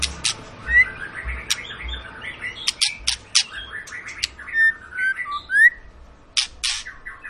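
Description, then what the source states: White-rumped shama song, a busy mix of short whistles, sharp clicks and chatter, with a few clear slurred whistles and faint low thumps beneath. Long lure recording of a vigorously singing White-rumped shama, used to prompt other shamas to sing.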